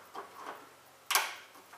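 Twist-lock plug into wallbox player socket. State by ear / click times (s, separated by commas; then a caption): seated / 1.2 s. A second twist-lock plug is pushed into a socket on a jukebox wallbox MP3 player and turned until its metal clip clicks, quieter than the first plug's click. A few faint ticks come at about 0.2 and 0.5 seconds, then a sharp click at 1.2 seconds that fades quickly. The plug is seated.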